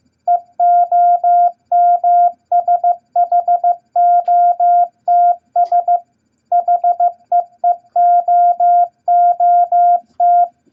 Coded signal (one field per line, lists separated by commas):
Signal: Morse code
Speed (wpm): 15 wpm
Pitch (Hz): 700 Hz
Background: none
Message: EOMSHOTS HEEOOT